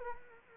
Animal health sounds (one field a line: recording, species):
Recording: mosquito wingbeat signal from an infrared sensor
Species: Culex quinquefasciatus